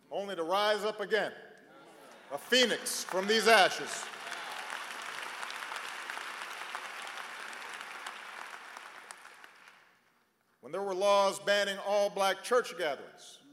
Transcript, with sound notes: only to rise up again, a Phoenix from these ashes. (Applause.) When there were laws banning all-black church gatherings,